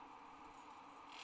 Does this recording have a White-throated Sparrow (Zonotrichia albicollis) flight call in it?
no